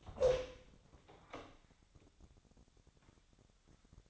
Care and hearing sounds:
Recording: daily activity, microphone in the room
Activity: open door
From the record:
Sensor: 3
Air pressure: 1007.2 hPa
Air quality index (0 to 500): 200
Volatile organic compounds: 16 ppm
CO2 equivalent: 2560 ppm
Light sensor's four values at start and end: 12/28/12/12 and 12/29/12/12

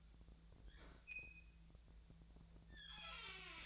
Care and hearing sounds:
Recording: daily activity, microphone in the room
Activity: open fridge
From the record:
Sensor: 3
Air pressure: 1009.6 hPa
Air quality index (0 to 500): 195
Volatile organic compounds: 16 ppm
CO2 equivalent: 2536 ppm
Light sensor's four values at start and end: 32/80/34/36 and 32/79/34/36

